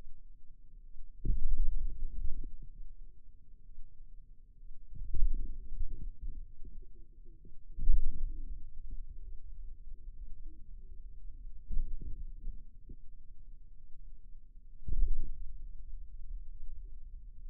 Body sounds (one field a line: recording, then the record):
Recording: forearm muscle sounds (acoustic myography)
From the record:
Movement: radial deviation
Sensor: system 2, bracelet of six BSWA MPA416 microphones around the upper forearm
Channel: 6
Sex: male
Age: 22 years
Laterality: right